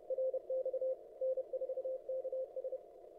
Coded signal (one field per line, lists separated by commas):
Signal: Morse code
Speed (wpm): 30 wpm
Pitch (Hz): 530 Hz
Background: none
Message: RX N4KS